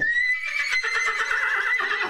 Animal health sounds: contact call of a hoofed animal; horse; whinny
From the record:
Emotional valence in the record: negative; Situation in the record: separation from one group member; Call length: 2.1 s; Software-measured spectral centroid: 2530 Hz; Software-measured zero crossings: 3900 a second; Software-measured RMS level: -24 dBFS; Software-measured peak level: -10 dBFS

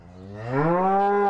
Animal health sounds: contact call of a hoofed animal; cattle; low-frequency (closed-mouth) or high-frequency (open-mouth) call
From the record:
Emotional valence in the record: negative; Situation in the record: full separation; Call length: 1.30 s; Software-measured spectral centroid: 940 Hz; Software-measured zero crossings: 1170 a second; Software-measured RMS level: -23 dBFS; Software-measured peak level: -10 dBFS

